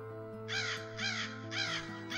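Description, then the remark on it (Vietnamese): A crow in a nearby treetop gives three harsh, shrill caws, evenly spaced about half a second apart, each a raspy burst over a low, steady background hum. “Bỗng trên một ngọn cây gần đó có tiếng quạ ré lên, làm cho Đương giật mình.”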